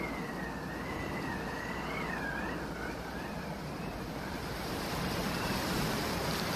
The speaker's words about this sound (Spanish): escucha cómo llueve. Pareciera que va a haber cabo mundo, pues.